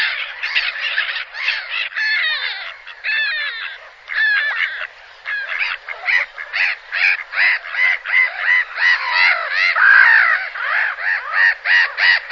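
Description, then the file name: Black-headed gull harsh, grating calls given rapidly and overlapping, several birds calling at once in a steady noisy stream with rasping, nasal notes throughout. "canto gaviota reidora"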